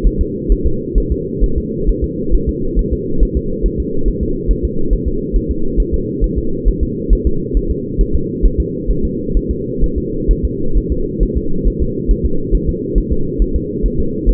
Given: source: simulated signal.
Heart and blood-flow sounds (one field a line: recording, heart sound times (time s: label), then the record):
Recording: fetal heart sounds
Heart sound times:
0.07 s: S1
0.21 s: S2
0.52 s: S1
0.66 s: S2
0.98 s: S1
1.12 s: S2
1.44 s: S1
1.58 s: S2
1.89 s: S1
2.04 s: S2
2.34 s: S1
2.49 s: S2
2.79 s: S1
2.93 s: S2
3.23 s: S1
3.37 s: S2
3.66 s: S1
3.80 s: S2
4.08 s: S1
4.23 s: S2
4.51 s: S1
4.65 s: S2
4.93 s: S1
5.08 s: S2
5.36 s: S1
5.51 s: S2
5.80 s: S1
5.94 s: S2
6.24 s: S1
6.38 s: S2
6.68 s: S1
6.83 s: S2
7.13 s: S1
7.27 s: S2
7.57 s: S1
7.71 s: S2
8.01 s: S1
8.15 s: S2
8.45 s: S1
8.60 s: S2
8.91 s: S1
9.05 s: S2
9.37 s: S1
9.51 s: S2
9.84 s: S1
9.98 s: S2
10.31 s: S1
10.45 s: S2
10.77 s: S1
10.92 s: S2
11.23 s: S1
11.37 s: S2
11.68 s: S1
11.82 s: S2
12.11 s: S1
12.26 s: S2
12.55 s: S1
12.69 s: S2
12.98 s: S1
13.12 s: S2
13.42 s: S1
13.56 s: S2
13.86 s: S1
14.00 s: S2
14.29 s: S1
From the record:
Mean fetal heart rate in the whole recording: 135 bpm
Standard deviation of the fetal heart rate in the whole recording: 3 bpm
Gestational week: 36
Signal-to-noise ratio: -8.1 dB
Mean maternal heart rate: 72 bpm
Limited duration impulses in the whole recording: absent